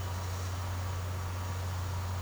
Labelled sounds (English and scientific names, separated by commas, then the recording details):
none
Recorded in secondary vegetation near Puerto Asís, Putumayo, Colombia, on 24 March 2025 at 12:30
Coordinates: 0.468, -76.324
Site G059